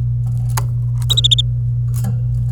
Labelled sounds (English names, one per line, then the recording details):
Domestic Canary song
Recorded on 26 April 2018 at 11:53
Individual llb3